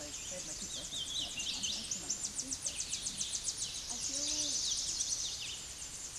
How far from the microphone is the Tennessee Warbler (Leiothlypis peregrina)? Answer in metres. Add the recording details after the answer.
about 40 m. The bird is about 20 m above the microphone. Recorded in a Pennsylvania forest on 16 May 2024 at 08:16. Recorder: AudioMoth, point MSD-0508. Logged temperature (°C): 15.5 °C. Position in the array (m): 65 m, 170 m